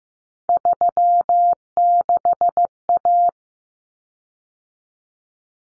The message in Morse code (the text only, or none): 36A